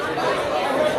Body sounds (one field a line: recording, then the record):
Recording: background sound without coughing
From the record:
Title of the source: CITY SOUNDS Busy Bar in the Evening Night - 2 HOURS of Ambiance for Relaxation